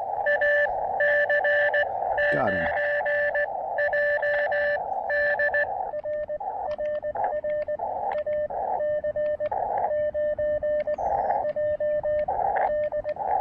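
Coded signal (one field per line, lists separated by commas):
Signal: Morse code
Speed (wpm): 18 wpm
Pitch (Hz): 590 Hz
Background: speech, radio noise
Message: AC9JD RRR AC9JD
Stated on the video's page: First Canadian Parks on the Air activation, on 30, 20 and 17 meters.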